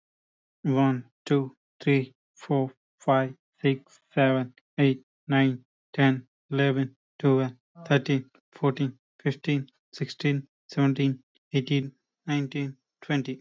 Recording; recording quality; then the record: counting at a normal pace; excellent, no background noise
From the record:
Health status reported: healthy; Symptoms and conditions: breathing difficulty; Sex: male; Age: 25 years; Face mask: not worn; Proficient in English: yes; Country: India